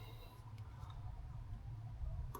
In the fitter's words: You see, it doesn't lock into place, but I'm just going to keep it there, because it's going to stay there, because hopefully